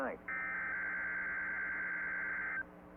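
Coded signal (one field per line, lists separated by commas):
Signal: Emergency Alert System (SAME) tones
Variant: header bursts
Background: speech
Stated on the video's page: SAME tones of a Required Weekly Test from the Mt. Cheaha, Alabama transmitter.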